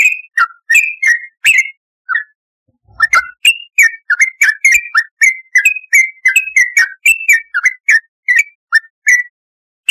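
Yellow-vented bulbul giving loud, bubbly two-part whistled notes, repeated in quick bursts with a short pause after two seconds, then a steady run of chirps.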